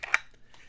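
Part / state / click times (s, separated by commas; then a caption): fixed-blade knife into kydex sheath / seated / 0.1 s. A fixed-blade knife is pushed into its kydex sheath and snaps into place with a sharp, positive click at 0.1 s, with a smaller tap just before it. Faint small taps follow at about 0.3 s and 0.5 s. The knife is seated and retained in the sheath, with no rattle.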